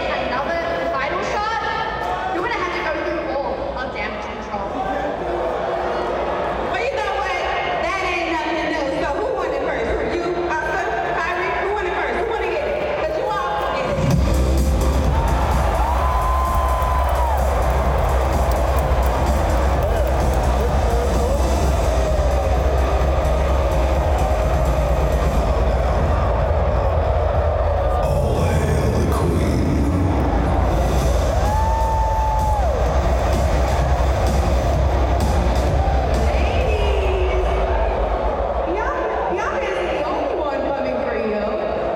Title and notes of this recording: Wwe wrestling at Barclay center. Wrestling sounds